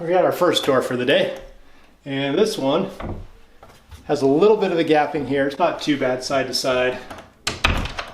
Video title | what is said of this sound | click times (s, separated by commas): Most Doors In Your House Are Installed Wrong (DO THIS) | but it's not latching at all. | none